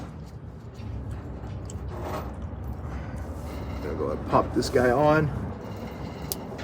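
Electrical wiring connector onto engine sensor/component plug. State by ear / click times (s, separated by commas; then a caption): seated / 6.3 s. An electrical wiring connector, just cleaned, is pushed onto its mating sensor/component plug on a diesel pickup engine while someone talks over low background noise. It snaps home with a sharp click at 6.3 s, and the connector is seated.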